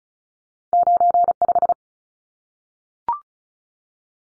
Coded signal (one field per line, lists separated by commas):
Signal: Morse code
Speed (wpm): 34 wpm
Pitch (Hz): 700 Hz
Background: none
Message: 95